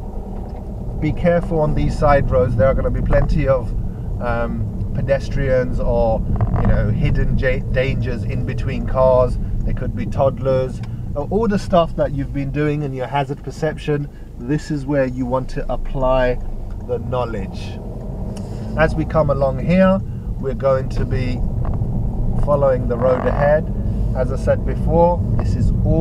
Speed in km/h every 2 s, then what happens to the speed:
18, 19, 21, 18, 13, 5, 3, 8, 15, 16, 23, 27, 29.
0-5 steady at about 19. 5-12 slows to 3. 12-26 speeds up to 29.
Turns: 7-16.